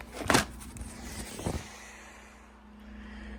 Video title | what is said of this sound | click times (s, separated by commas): TORO TX1000 overhaul no drive tandem pump repair drive motor diagnosis bell housing replacement | two halves together then I'm going to tap on this guy and then there's a snap there's a click I can look inside | 0.3 s